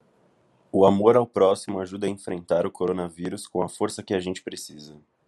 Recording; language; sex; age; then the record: spoken sentence; Brazilian Portuguese; male; 20 to 29 years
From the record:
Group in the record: control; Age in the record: 24 years